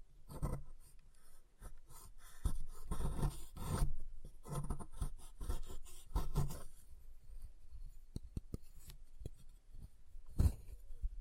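Chalk is carved and scraped in quick, uneven rasping strokes, busy for the first seven seconds, then sparser, with a sharp knock near ten seconds.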